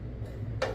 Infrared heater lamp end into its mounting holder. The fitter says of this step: Lock ஆகிடும்.